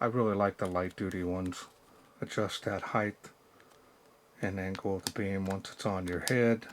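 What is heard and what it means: Someone talks while handling a Mossy Oak MO25011 camo headlamp, tilting the lamp body in its plastic tilt bracket on the headband to adjust the beam angle. Nothing has clicked into a preset detent or seated yet.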